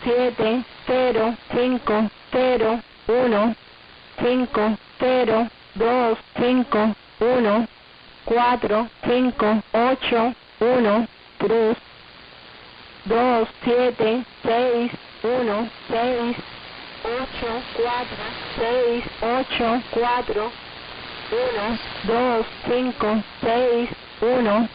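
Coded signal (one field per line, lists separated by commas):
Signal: numbers station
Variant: HM01, Spanish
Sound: synthetic female voice reading Spanish digits one by one, evenly spaced, over faint radio hiss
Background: radio static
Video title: 23 01 2023 Numbers HM01 Cuban Spy in Spanish 1800 on 11635 Bejucal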